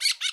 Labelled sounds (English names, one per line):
Brown-throated Parakeet contact call